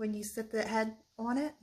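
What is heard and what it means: Someone talks while handling the cap of a double cap rivet to press it onto the rivet post pushed through a fabric wrist strap. The cap has not clicked on or seated yet.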